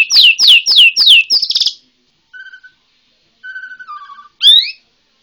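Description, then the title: White-rumped shama song: four loud descending sweeps and a buzzy rattle, then soft flat whistles and a final rising note. Bornean white-rumped shama. "MURAI BORNEO MAS KIKI"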